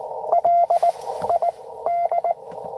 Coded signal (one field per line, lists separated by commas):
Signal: Morse code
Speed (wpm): 24 wpm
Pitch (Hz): 690 Hz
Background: radio noise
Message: LID